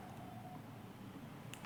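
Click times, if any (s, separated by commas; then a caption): 1.5 s. The hinged clasp of an openable jewellery piece, likely a bangle or bracelet with a hinged metal clasp, is pressed closed by hand. A sharp click at 1.5 s, followed by a softer tick at 1.6 s, is heard over a steady low background. The clasp locks shut.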